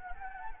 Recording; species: mosquito wingbeat signal from an infrared sensor; Anopheles arabiensis